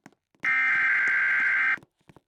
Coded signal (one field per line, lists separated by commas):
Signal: Emergency Alert System (SAME) tones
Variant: header bursts